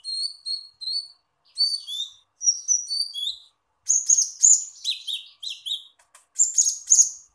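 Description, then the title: Small bird chirping: thin, high downslurred whistles in short groups, then harsher twittering bursts, repeated with brief pauses. "Burung Kecil"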